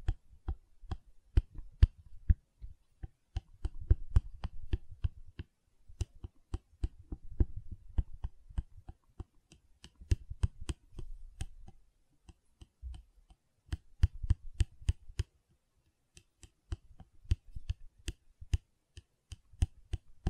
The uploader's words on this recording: ASMR Gentle Silicon Sounds for Sleep (No Talking).